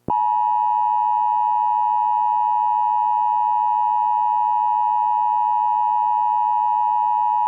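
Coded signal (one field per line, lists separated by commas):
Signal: Emergency Alert System (SAME) tones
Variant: 853 and 960 Hz attention tone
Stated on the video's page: Fictional mock scenario of a lake volcanic eruption using valid EAS tones, not a real alert.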